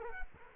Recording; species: mosquito wingbeat signal from an infrared sensor; Culex quinquefasciatus